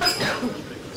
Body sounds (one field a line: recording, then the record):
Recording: coughing mixed with background sound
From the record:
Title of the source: Barking cough - # 10